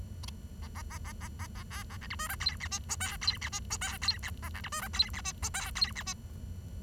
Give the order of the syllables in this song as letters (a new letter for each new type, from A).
A A A A A A A B A C D E F G H I J K G H I J K G H A C D E F G H I J K G H I